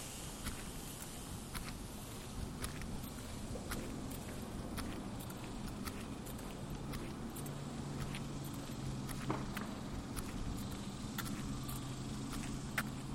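A lunchtime walk around the neighborhood, with a steady low rumble of traffic running throughout. Sharp clicks and light taps, like keys jangling or footsteps, punctuate it irregularly every second or so, and a low engine hum swells briefly around the middle.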